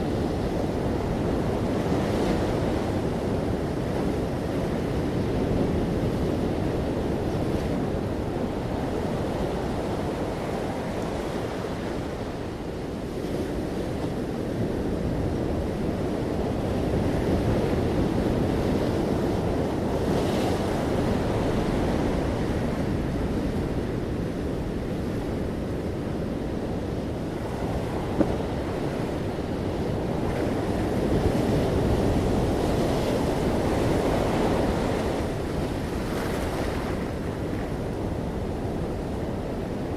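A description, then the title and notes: Waves wash continuously onto a rocky beach in a dense, low roar, with steady wind noise and brief brighter surges every few seconds. Waves Crashing on The Beach. The waves on a rocky beach. The steady arriving waves.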